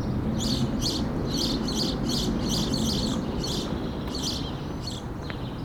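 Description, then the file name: House sparrow chirping, a brisk series of short chirps, with a low background hum throughout. "Passer domesticus"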